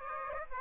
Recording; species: mosquito wingbeat signal from an infrared sensor; Aedes aegypti